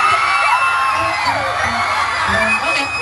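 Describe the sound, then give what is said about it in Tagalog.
A crowd of people shouts and whoops at once, a loud, steady wall of overlapping high-pitched yells and cheers that never lets up. “Alam mo, mag-sigaw muna tayo ng very very.”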